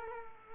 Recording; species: mosquito wingbeat signal from an infrared sensor; Culex quinquefasciatus